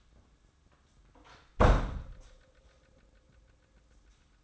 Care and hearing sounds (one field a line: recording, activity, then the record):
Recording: daily activity, microphone in the room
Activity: close door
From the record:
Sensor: 3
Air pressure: 994.3 hPa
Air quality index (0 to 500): 207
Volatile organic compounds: 1000 ppm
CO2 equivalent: 6937 ppm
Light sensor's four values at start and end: 180/434/183/185 and 182/439/185/187